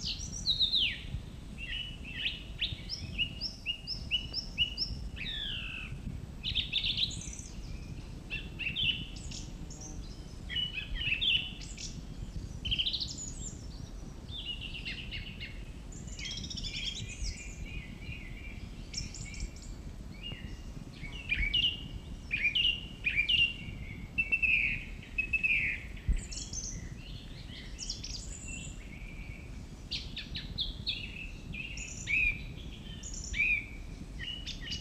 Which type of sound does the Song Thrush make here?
song